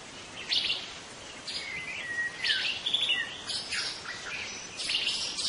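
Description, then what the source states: White-rumped shama song: clear whistled notes with sliding, swooping phrases and a few sharp high bursts, over a steady hiss of background noise. Forest-dwelling white-rumped shama, locally called murai batu hutan.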